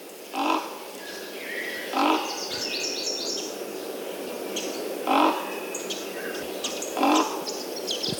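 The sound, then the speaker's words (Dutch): Four deep, harsh croaking calls from a common raven, spaced a second or more apart, each short and throaty, over a steady background of smaller birds twittering and chirping. “We hebben dus eerst de kraai en dan de raaf.”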